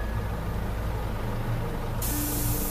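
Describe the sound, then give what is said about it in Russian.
A yellow bus on an uphill mountain road rumbles low and steady as it comes to a stop, then about two seconds in a sharp, loud burst of air brake hiss cuts in and continues over the idling motor. “Останавливается.”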